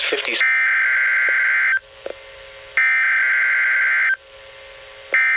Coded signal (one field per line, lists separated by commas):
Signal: Emergency Alert System (SAME) tones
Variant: header bursts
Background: speech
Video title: Tornado Watch (EAS#0043) 10/10/2020 [Audio only]